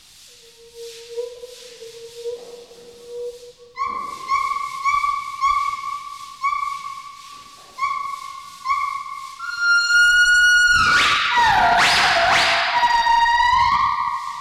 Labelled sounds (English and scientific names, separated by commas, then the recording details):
Northern White-cheeked Gibbon (Nomascus leucogenys)
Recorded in captivity
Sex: male
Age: adult
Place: Zoo Leipzig, Sachsen, DE
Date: 1974-12-13
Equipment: Uher 4200 Report Monitor, Verst., Sennheiser MD 421
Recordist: Tembrock, Günter